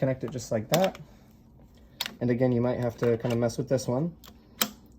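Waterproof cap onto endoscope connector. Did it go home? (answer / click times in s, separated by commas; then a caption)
yes / 4.6 s. A waterproof cap, lined up by its yellow dot, is pushed onto an endoscope's connector while someone talks, with a sharp tap near 2.0 s. It is then rotated until it clicks on at 4.6 s, showing it is seated and safe for water.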